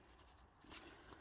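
An electrical connector is handled as it is brought to a diesel heater (glow) plug on a Mercedes W212 engine during a timing chain replacement. Low rustling and handling noise are heard, with a brief sharp transient at the very end, but nothing has seated or clicked yet.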